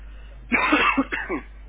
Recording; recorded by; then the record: voluntary cough; telephone call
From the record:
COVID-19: positive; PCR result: checked with the laboratory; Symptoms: no